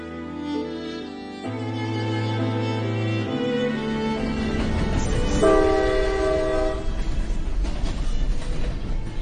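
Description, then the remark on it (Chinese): A train horn blares in long, sustained chords that shift pitch, then fades into the steady, rumbling roar of a train moving through the station. No voices. “我喺火车站等你，你一定要嚟。”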